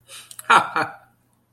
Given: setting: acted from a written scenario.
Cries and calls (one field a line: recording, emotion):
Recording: vocal sound without words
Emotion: amusement